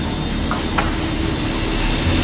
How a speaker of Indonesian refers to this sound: Begitu teriakku cukup keras. Karena, ya, maklumlah, suara mesin tersebut sangat bising.